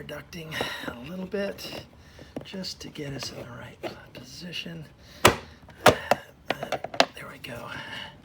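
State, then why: Not seated. On a 2012 Volvo C70 T5 (P1) during an oil separator box PCV diaphragm replacement, the plastic air intake ducting, moved aside for access, is being handled and positioned to go back into its engine-bay mounting clip while someone talks. Sharp plastic knocks and taps come from the handling around 5.3 to 7.0 seconds, but nothing has seated or clicked yet by the end of the clip.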